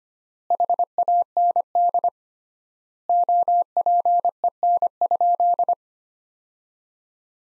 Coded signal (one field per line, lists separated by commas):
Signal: Morse code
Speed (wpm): 25 wpm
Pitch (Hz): 700 Hz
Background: none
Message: HAND OPEN?